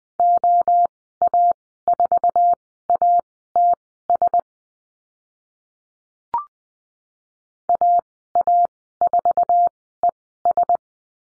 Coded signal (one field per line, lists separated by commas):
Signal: Morse code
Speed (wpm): 20 wpm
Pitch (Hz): 700 Hz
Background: none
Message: OA4ATS AA4ES